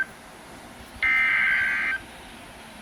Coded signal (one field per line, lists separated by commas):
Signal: Emergency Alert System (SAME) tones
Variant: header bursts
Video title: DOUBLE HEADER! Flood Warnings (EAS #368-369)